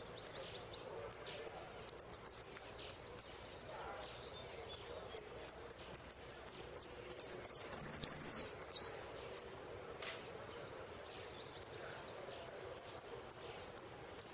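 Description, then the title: Saffron finch song: many quick high chips with a loud buzzy trilled passage in the middle, then sparser chips. "Jilguero Argentino"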